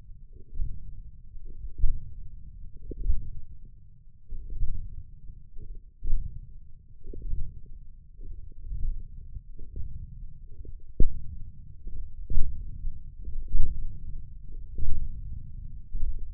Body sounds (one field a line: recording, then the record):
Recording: forearm muscle sounds (acoustic myography)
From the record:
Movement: ulnar deviation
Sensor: system 1, eight BSWA MPA416 microphones around the upper forearm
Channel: 6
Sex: male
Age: 20 years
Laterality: left